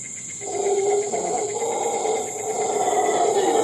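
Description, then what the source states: Howler monkey letting out one long, continuous rasping roar that swells and holds for three seconds, with steady insect buzz in the background. Costa Rica; insects also recorded.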